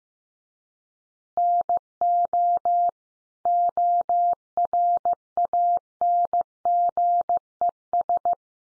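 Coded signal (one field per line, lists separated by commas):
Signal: Morse code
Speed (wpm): 15 wpm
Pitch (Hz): 700 Hz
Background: none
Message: NO ORANGES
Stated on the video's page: Morse code lesson at 15 wpm: easy phrases for head-copy practice, each sentence sent, then spoken, then sent again.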